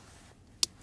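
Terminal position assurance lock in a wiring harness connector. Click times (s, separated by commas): 0.6 s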